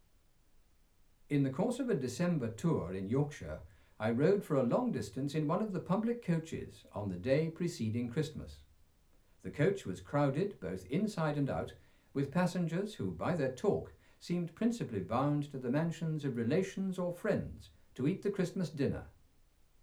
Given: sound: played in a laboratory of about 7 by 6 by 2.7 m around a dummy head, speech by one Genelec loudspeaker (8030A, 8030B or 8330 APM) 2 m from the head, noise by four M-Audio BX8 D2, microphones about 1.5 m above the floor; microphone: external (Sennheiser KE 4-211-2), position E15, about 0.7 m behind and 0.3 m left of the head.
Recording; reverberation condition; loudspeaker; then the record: male speech in English; low; 120 degrees to the right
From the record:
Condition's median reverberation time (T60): about 310 ms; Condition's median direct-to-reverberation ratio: about 3.5 dB